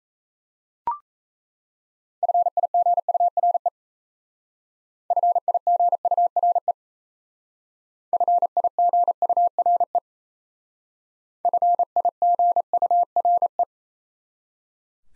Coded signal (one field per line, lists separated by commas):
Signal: Morse code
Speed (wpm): 35 wpm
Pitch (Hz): 700 Hz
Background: none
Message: FIGURE FIGURE FIGURE FIGURE